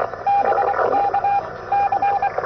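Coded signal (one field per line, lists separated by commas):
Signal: Morse code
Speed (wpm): 24 wpm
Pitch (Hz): 800 Hz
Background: radio noise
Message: BK C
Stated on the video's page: Portable CW DXing station operating 450 meters above sea level on a hill.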